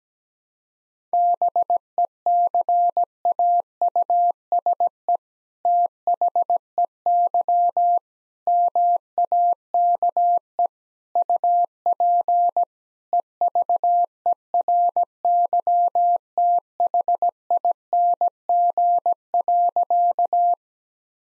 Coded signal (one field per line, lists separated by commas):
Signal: Morse code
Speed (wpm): 17 wpm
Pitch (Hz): 700 Hz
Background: none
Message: BECAUSE THEY MAKE UP EVERYTHING.